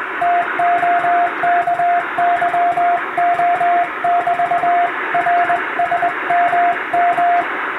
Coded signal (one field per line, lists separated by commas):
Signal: Morse code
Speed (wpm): 21 wpm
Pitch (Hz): 700 Hz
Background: radio noise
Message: TOKYO<BT>RSMM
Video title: 【モールス教室毎日開催中！】第１級無線通信士が打つ綺麗な手打ち欧文モールス信号です。アマチュア無線ハムの練習にもどうぞ(morse code practice radio operator )